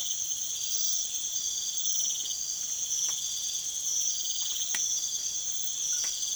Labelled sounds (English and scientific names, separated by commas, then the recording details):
none
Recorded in secondary vegetation near Puerto Asís, Putumayo, Colombia, on 27 June 2025
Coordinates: 0.488, -76.319
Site G094